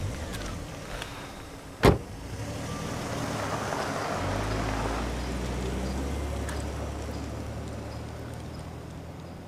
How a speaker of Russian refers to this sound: Девушки садятся в машину и уезжают.